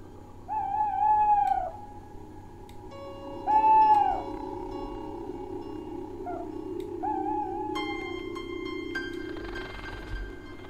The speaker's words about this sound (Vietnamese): Ở trên ngọn tre, con cú mèo khẽ rùng mình rồi bay vụt ra hướng lộ, gào lên những tiếng thê thảm kèn két đến ma quái, như là nó đang vui sướng lắm vậy.